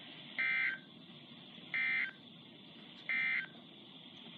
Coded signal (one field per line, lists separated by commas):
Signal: Emergency Alert System (SAME) tones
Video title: Unexpected EAS catches 93-97 6/19/20